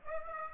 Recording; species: mosquito wingbeat signal from an infrared sensor; Aedes aegypti